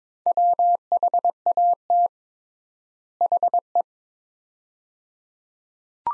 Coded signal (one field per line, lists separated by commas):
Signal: Morse code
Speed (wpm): 22 wpm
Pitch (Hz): 700 Hz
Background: none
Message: WHAT HE